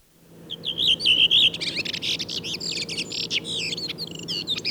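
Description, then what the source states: Redwing song: an opening run of fluty, wavering whistles, then a long stretch of rapid, scratchy squeaks and twitters. A redwing whose song differs from earlier singers; singing style varies between localities as dialects, each individual always sings the same way, and the style is learned.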